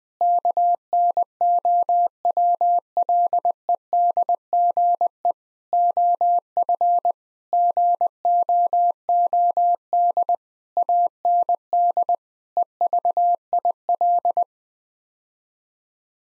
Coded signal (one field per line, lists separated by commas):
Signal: Morse code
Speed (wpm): 20 wpm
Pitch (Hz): 700 Hz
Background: none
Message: KNOWLEDGE OF GOOD AND EVIL